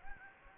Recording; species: mosquito wingbeat signal from an infrared sensor; Anopheles gambiae